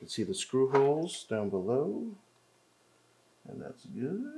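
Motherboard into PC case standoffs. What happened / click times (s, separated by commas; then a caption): The board is being positioned; nothing has seated yet / none. A motherboard is lowered and shifted into position in a PC case over the screw holes and the case standoffs. Someone talks over the handling, then there is a quiet gap before the talking resumes. Nothing has seated or clicked yet.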